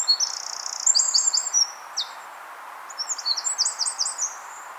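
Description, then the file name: Eurasian wren song, a piercing rapid trill mixed with clear held notes, a brief gap, then another fast sparkling burst. "Troglodytes troglodytes"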